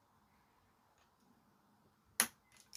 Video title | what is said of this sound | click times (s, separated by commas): I purchased this Kindle HD 7" but is it terminated - Can I Fix It? | oh that nice little click | 2.2 s